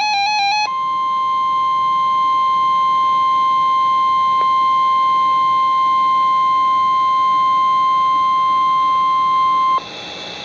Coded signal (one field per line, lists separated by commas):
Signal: Emergency Alert System (SAME) tones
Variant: 1050 Hz attention tone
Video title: Real NOAA Weather Radio EAS Alert #302